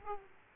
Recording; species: mosquito wingbeat signal from an infrared sensor; Aedes aegypti